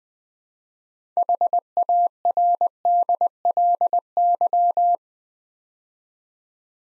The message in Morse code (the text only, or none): HARDLY